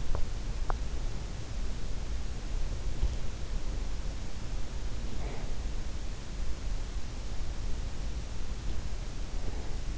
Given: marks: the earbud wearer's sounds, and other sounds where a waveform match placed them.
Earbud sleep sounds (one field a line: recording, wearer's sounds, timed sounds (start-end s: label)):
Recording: sounds in sleep by an in-ear microphone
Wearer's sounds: teeth grinding, breath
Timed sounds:
0.00-0.47 s: teeth grinding
0.56-0.99 s: teeth grinding
4.84-6.02 s: breath